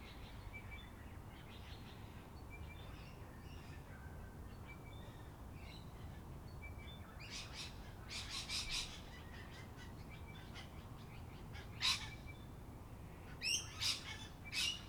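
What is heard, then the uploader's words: Evening birdsong with cockatoos and other birds over a steady low rumble. Soft chirps and calls come through the first half, then harsher bursts of screeching cluster around eight to nine seconds, with loud sharp squawks near twelve seconds and again toward the end. An Evening in Canberra (Feat. 500 Cockies). A typical evening in Canberra, featuring the local Cockies and misc other birds. Recorded during lockdown in April 2020.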